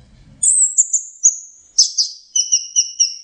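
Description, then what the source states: Orange-headed thrush song opening with a thin descending whistle, then rapidly repeated high notes. Masteran (training) song.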